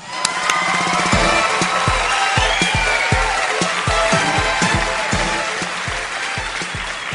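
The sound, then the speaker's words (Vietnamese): A large audience claps steadily and loudly, with scattered cheers and whoops rising over the dense applause, while a rhythmic low thumping beat pulses underneath throughout. “Thưa quý vị, chúng tôi xin quý vị một tràng pháo tay thật nồng nhiệt”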